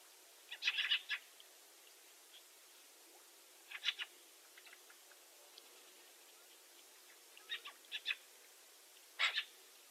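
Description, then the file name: Eurasian magpie giving short groups of harsh, scratchy notes every few seconds, separated by quiet hiss. "Pica pica"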